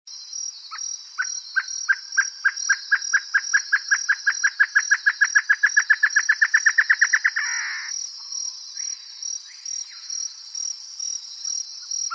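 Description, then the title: Great antshrike song, a bouncing run of hollow notes that quickens into a fast rattle and closes with a rough snarl; a pulsing insect trill continues throughout. Nominate subspecies Taraba major major. "LuckyPassaro Completos2Sama. Great Antshrike"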